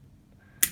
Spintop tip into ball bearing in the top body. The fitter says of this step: you take the tip that goes into the ball bearing and that's actually gonna clip in you push it in until it snaps into place